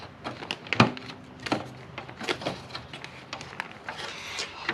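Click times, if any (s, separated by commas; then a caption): 0.5 s, 0.7 s, 0.8 s. A front sensor is pressed into the new plastic TRD Pro grille on a 2019 Toyota Tacoma, its two round and two flat snap clips lined up and pushed home. Sharp snap clicks land at 0.5, 0.7 and 0.8 seconds, followed by softer handling knocks and a final tap near 4.7 seconds. The sensor snaps into place and is seated.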